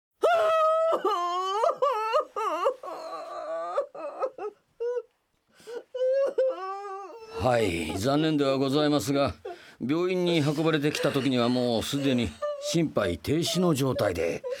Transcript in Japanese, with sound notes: て！… （ワッと泣き崩れる）
ハイ、残念ではございますが、病院に運ばれてきた時には、もうすでに心肺停止の状態で…。…